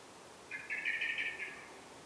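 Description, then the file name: Common blackbird uttering one rapid rattling chatter lasting about a second, rough and buzzy, over a soft hissing background. "Turdus merula"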